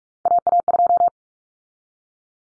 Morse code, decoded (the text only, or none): AA2